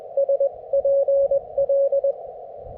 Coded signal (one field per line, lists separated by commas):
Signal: Morse code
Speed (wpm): 23 wpm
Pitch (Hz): 590 Hz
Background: none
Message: SPL